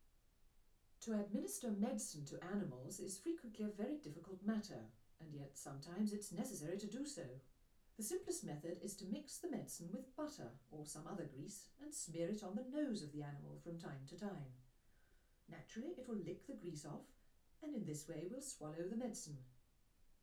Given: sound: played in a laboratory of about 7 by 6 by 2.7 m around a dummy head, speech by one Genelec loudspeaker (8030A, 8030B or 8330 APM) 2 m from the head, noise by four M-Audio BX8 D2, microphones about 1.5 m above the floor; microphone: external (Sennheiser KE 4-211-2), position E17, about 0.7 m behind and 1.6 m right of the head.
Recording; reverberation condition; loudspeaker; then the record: female speech in English; low; 30 degrees to the right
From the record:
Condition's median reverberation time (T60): about 310 ms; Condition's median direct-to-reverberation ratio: about 3.5 dB